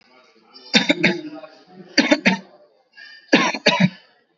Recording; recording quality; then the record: shallow voluntary cough; excellent, no background noise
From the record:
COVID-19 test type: RT-PCR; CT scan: not taken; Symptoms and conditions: sore throat, fever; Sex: male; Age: 22 years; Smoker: no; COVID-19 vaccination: one dose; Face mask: worn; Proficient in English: yes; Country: India